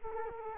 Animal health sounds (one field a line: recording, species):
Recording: mosquito wingbeat signal from an infrared sensor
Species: Culex quinquefasciatus